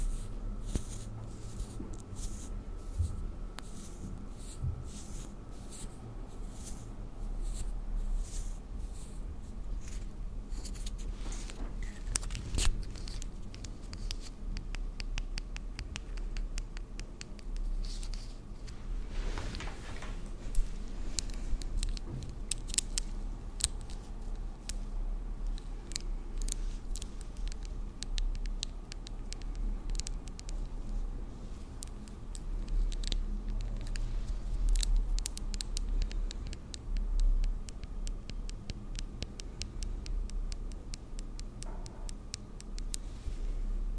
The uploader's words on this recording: ASMR First person Makeup On Your Face(No Talking).